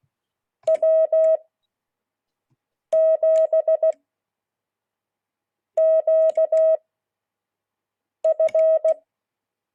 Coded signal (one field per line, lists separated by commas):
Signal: Morse code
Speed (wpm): 16 wpm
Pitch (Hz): 640 Hz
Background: none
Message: W7QF